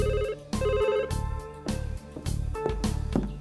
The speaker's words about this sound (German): Ich wollte gerade mein Haus verlassen, als das Telefon läutete.